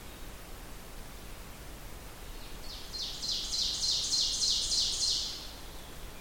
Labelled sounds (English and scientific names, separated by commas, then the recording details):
Ovenbird (Seiurus aurocapilla) song
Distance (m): 45 m
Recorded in boreal forest in Alberta, Canada, on 29 June 2016 at 07:46
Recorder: SongMeter 3, array SBT-6-79
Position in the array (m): 271 m, 48 m
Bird 39